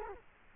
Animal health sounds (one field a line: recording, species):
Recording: mosquito wingbeat signal from an infrared sensor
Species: Culex quinquefasciatus